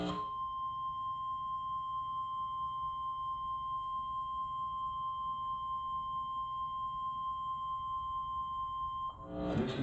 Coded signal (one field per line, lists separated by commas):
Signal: Emergency Alert System (SAME) tones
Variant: 1050 Hz attention tone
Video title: 2024 Indiana Tornado Drill on WFWA 39.5 with SAME Alert and EAS - 3/12/2024